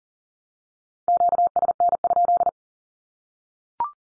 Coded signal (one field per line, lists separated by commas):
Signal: Morse code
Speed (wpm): 40 wpm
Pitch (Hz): 700 Hz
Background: none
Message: QSN?